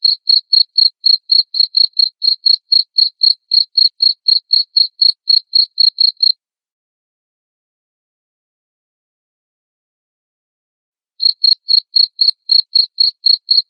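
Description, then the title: Cricket chirping in a regular high-pitched series, quick pulses for six seconds, then quiet for five seconds before chirping resumes. Loud cricket chirping (ngerik), played to make lovebirds keep singing (ngekek). "Suara JANGKRIK NGERIK Keras Bikin LOVEBIRD Jadi NGEKEK Terus Vubey"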